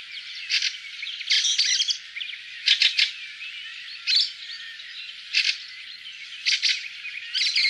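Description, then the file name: Fieldfare chatter: scratchy, squeaky warbling at first, then separate harsh chack bursts spaced roughly a second apart. "graatrost"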